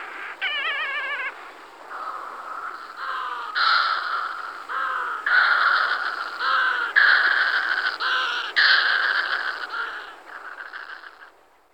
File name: Burnak severni Puffinus puffinus